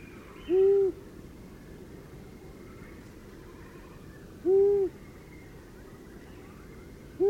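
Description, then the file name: Long-eared owl uttering short, deep hoots about four seconds apart, three in all, the last cut off, over soft background noise. "Gufo Comune"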